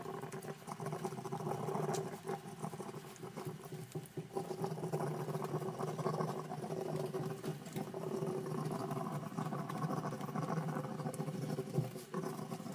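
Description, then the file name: Bamboo rat call, a continuous low grinding chatter of fast pulses with a droning undertone and a brief sharp tap near the end. Call used to stimulate breeding in bamboo rats. "Tieng dui keu kich thich sinh san"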